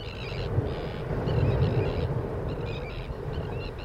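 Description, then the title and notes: Sandwich terns giving rough, grating calls in several bursts over a continuous wash of surf noise. Sandwich terns calling over waves breaking on a shingle beach. "Sandwich terns calling over the waves falling on the shingle beach."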